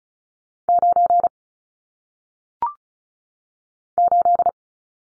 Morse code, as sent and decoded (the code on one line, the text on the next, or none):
----. / ---..
9 8